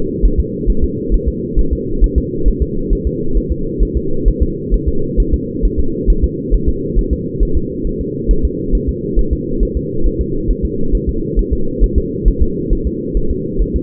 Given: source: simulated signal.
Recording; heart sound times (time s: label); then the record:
fetal heart sounds
0.25 s: S1
0.40 s: S2
0.70 s: S1
0.84 s: S2
1.14 s: S1
1.28 s: S2
1.59 s: S1
1.73 s: S2
2.04 s: S1
2.18 s: S2
2.48 s: S1
2.62 s: S2
2.93 s: S1
3.07 s: S2
3.38 s: S1
3.52 s: S2
3.83 s: S1
3.97 s: S2
4.28 s: S1
4.43 s: S2
4.74 s: S1
4.88 s: S2
5.20 s: S1
5.34 s: S2
5.65 s: S1
5.80 s: S2
6.10 s: S1
6.24 s: S2
6.55 s: S1
6.69 s: S2
6.99 s: S1
7.13 s: S2
7.43 s: S1
7.57 s: S2
7.87 s: S1
8.01 s: S2
8.31 s: S1
8.45 s: S2
8.75 s: S1
8.89 s: S2
9.19 s: S1
9.33 s: S2
9.63 s: S1
9.77 s: S2
10.07 s: S1
10.21 s: S2
10.50 s: S1
10.65 s: S2
10.95 s: S1
11.09 s: S2
11.39 s: S1
11.53 s: S2
11.84 s: S1
11.98 s: S2
12.28 s: S1
12.42 s: S2
12.73 s: S1
12.87 s: S2
13.17 s: S1
13.31 s: S2
13.62 s: S1
13.76 s: S2
From the record:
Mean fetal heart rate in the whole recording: 135 bpm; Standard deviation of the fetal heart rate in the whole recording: 3 bpm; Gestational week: 36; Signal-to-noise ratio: -8.1 dB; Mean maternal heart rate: 72 bpm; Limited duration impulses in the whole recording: absent